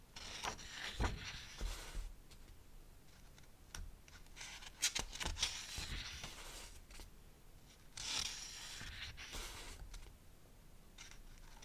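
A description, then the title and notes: Tapping on a book cover mixes with rustling page flips, sharp taps near one, two, five and eight seconds amid steady papery swishing. All about books, tapping and page flipping (no talking). I will tap on the book cover and flip through the pages.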